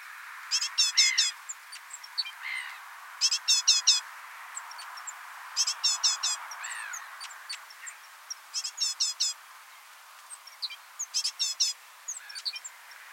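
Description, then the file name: Great tit calls: short rattling bursts of four or five fast, harsh, high notes, repeated about every two to three seconds, with faint softer notes between the bursts. "Parus major"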